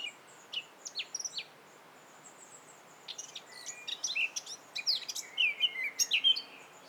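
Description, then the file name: Eurasian blackcap calls: short, sharp high notes in a quick cluster early on, then a denser burst of varied chirps and twittering toward the end. "Sylvia atricapilla"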